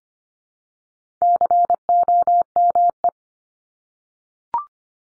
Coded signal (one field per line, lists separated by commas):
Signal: Morse code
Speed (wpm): 25 wpm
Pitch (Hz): 700 Hz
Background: none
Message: COME